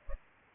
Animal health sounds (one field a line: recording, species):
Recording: mosquito wingbeat signal from an infrared sensor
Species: Culex pipiens